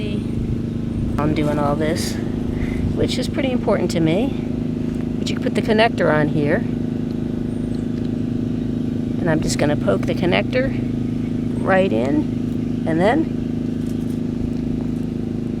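Someone talks while placing a plastic drip-irrigation connector on the irrigation tubing and lining it up to poke it in, over a steady low background hum. The connector has not clicked or seated yet.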